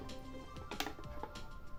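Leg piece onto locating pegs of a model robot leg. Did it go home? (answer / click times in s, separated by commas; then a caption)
no / none. Plastic and metal pieces of the front right leg of a Power Rangers Megazord model (the Mastodon) are handled and pressed toward the locating pegs, with soft handling noise over steady background tones and brief sharp ticks near 0.8 s and 1.2 s. Nothing has seated or clicked yet; the clip ends just before the piece goes home.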